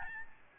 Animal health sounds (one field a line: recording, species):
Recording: mosquito wingbeat signal from an infrared sensor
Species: Aedes albopictus